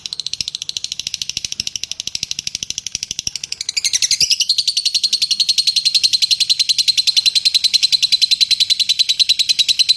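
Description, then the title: Bird trilling in fast high pulses, softer at first, then louder and steadier after a swooping note around four seconds. Masteran song, made for training songbirds. "Suara masteran Burung"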